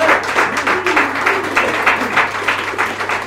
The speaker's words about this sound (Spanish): Amén, vamos, fuerte el aplauso.